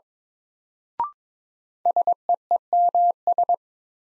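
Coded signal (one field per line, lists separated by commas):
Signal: Morse code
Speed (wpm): 22 wpm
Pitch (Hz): 700 Hz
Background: none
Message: SEEMS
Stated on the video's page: Morse new-word head-copy drill at 22 wpm; each word is sent, then spoken, then sent again.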